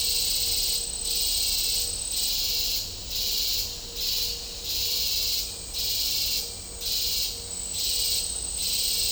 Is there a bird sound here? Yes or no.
no